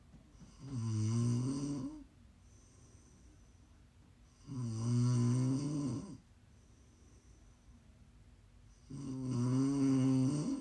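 ASMR snoring from an adult sleeper: three loud, low-pitched snores, each lasting about one and a half seconds, with quiet breathing between them. The snores come roughly every four seconds, about 14 per minute, and the rhythm is uneven. Meant for listening to sleep, relax or wind down.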